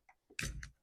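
The new air filter from the kit is turned into the air filter housing of a Stihl MS291 Farm Boss chainsaw, its twist lock tightened because these saws can come in with the filter on but not on tight. After a faint tick near 0.1 s, a sharp click at 0.4 s, with a smaller follow-up tick near 0.6 s, shows the filter snapping into place. The filter is seated.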